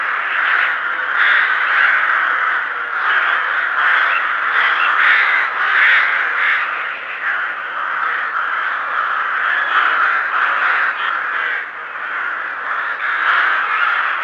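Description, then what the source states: Many rooks give harsh, croaking caws together, a continuous rasping din that rises and falls slightly over fourteen seconds. Rooks calling at a rookery.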